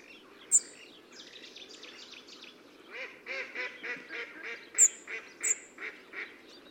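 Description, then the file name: European robin calls: three thin, piercing high notes, sharp and brief, while a run of nasal, honking calls from another bird fills the second half. "Erithacus rubecula"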